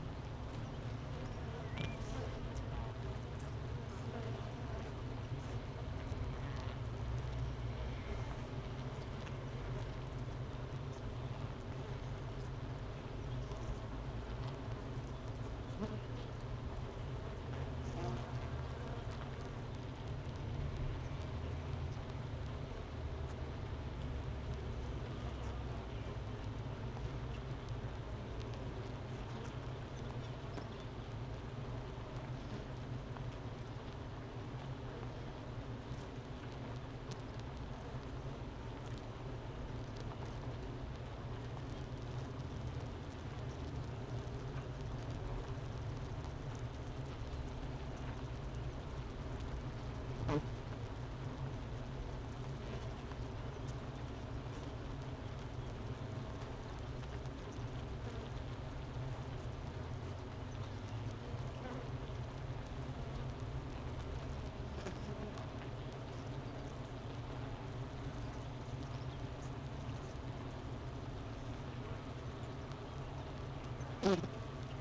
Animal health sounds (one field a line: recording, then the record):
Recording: honeybee colony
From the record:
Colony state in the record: missing queen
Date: 31 May 2018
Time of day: 10:27